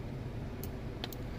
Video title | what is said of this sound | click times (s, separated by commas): REVIEW Rexing V1 Wi Fi Car Dash Cam 2 4 LCD FHD 1080p 170° Wide Angle Dashboard Camera Recorder | have to wait you'll have to hear that little click sound and then you can go ahead and turn | 1.0 s